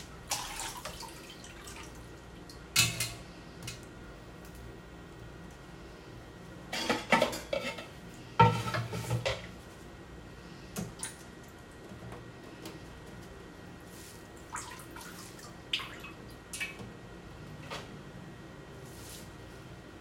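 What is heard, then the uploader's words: Cabbage being shredded, with crisp, crunchy bursts at irregular intervals, heaviest around seven to nine seconds. Between strokes, a low steady hum continues, with occasional clinks of utensils and dishes. ASMR｜Shredding Cabbage.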